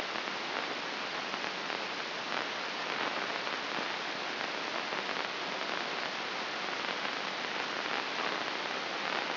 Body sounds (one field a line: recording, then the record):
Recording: brain microelectrode recording played as sound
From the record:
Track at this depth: outside the subthalamic nucleus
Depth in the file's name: 4.223 mm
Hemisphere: left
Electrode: 2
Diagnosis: Parkinson's disease